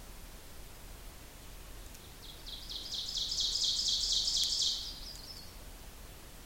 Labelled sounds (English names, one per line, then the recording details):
Ovenbird song
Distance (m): 40 m
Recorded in boreal forest in Alberta, Canada, on 26 May 2016 at 06:58
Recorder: SongMeter 3, array SBT-3-15
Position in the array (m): 41 m, 279 m
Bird 20